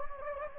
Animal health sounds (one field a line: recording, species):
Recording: mosquito wingbeat signal from an infrared sensor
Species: Anopheles gambiae